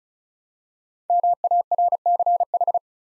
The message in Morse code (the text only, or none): MARCH